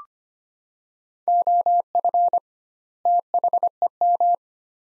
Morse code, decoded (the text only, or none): OF THEM